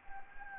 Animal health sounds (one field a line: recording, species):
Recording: mosquito wingbeat signal from an infrared sensor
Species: Anopheles gambiae